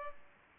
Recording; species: mosquito wingbeat signal from an infrared sensor; Culex pipiens